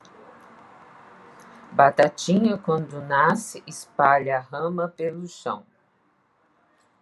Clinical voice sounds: short text; Brazilian Portuguese; female; 60 to 69 years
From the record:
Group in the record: control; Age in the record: 65 years

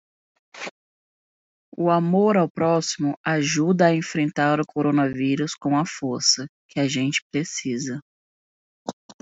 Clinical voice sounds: spoken sentence; Brazilian Portuguese; female; 30 to 39 years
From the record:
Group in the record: control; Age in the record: 36 years

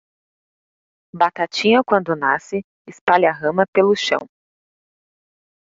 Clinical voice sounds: short text; Brazilian Portuguese; female; 20 to 29 years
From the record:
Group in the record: control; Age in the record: 29 years

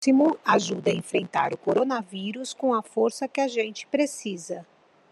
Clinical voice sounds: spoken sentence; Brazilian Portuguese; female; 50 to 59 years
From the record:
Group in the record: control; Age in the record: 53 years

